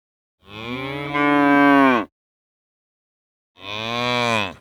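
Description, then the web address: Cow lowing, a long moo of over a second that swells louder midway, followed after a pause by a second shorter moo; nothing else heard. "The Sound Pack Tree - The Nature Pack. cow moos"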